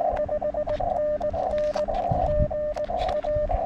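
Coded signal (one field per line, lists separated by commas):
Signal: Morse code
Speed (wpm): 18 wpm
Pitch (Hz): 590 Hz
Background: radio noise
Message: 5NN GA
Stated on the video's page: CW park activation (POTA), including park-to-park contacts, on a homemade base-loaded shortened vertical and an end-fed random wire.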